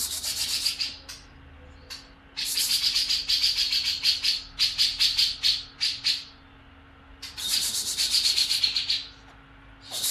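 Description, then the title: Grey-cheeked bulbul uttering repeated harsh, scratchy chatter in several bouts of quick buzzy pulses, broken by short silences, with a faint steady hum in the background. "Cucak Jenggot"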